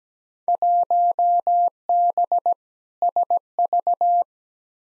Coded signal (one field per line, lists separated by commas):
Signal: Morse code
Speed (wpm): 17 wpm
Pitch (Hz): 700 Hz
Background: none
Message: 1B SV